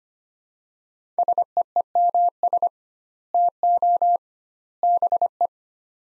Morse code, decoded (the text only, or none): SEEMS TO BE